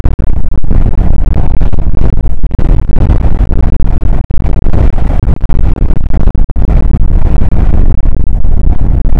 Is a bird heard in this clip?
no